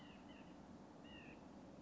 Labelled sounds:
White-breasted Nuthatch
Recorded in Sonoma County, California

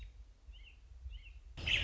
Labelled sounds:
American Robin
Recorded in Sonoma County, California

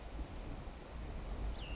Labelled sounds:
Cassin's Vireo
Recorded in Sonoma County, California

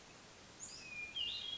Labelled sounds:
Hermit Thrush
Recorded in Sonoma County, California

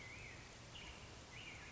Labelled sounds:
Black-headed Grosbeak
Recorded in Sonoma County, California

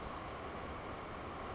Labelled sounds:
Bewick's Wren
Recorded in Sonoma County, California

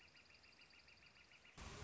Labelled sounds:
Northern Flicker
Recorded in Sonoma County, California

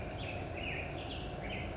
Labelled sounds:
Black-headed Grosbeak
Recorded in Sonoma County, California

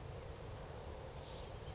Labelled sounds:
Oak Titmouse
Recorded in Sonoma County, California

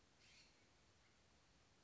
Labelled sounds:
California Scrub-Jay
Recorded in Sonoma County, California

